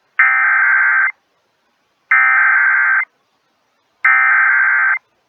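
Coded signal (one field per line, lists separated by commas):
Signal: Emergency Alert System (SAME) tones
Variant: header bursts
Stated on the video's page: Tornado alerts from NOAA Weather Radio KEC65 and FM station KSTP-FM.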